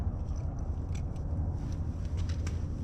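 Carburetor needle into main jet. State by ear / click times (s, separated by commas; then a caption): not seated / none. A metal carburetor needle is worked into its jet during an idle-jet replacement, keeps catching and won't go in. Faint scraping ticks play over a steady low rumble, with one sharp tick at about 2.5 seconds. Nothing has seated yet; the needle is not in the jet.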